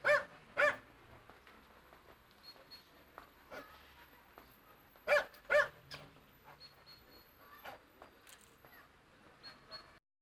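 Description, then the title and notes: Dog gives a pair of sharp barks, falls mostly quiet, then another pair midway, with faint scattered yips. Two dogs shut inside a car at a parking lot at midday, Turmstrasse, Monheim, North Rhine-Westphalia; nearfield recording. "monheim, turmstrasse, 2 hunde im auto. mittags am parkplatz, zwei hunde in einem auto. soundmap nrw"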